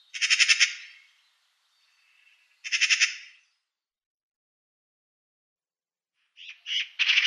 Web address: Schulze Peter Eurasian Magpie calls